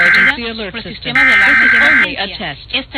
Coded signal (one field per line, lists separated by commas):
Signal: Emergency Alert System (SAME) tones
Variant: header bursts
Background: speech